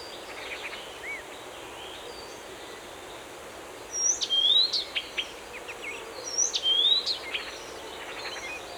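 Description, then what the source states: Birds singing, two bursts of clear high whistles, each with a bright down-slurred note and quick chirps, a few seconds apart, over soft, steady background noise. Forest.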